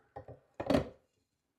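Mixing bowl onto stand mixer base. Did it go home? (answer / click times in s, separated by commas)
no / none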